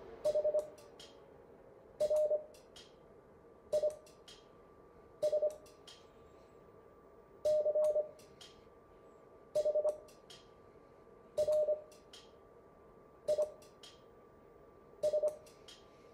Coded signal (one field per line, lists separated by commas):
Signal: Morse code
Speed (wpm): 25 wpm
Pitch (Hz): 610 Hz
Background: none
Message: HRIS CHRIS